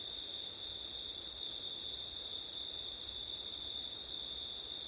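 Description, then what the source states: Cricket chorus: an unbroken high-pitched trill holding steady throughout, with an even higher shimmering band and low wind rumble underneath. September night, with wind; ORTF stereo microphone setup.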